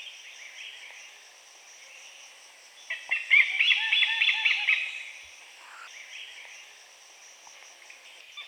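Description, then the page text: Oriental pied hornbill giving a short burst of loud, harsh cackling notes over a faint, steady background hiss. "Oriental Pied Hornbill Call. Quick Sounds library"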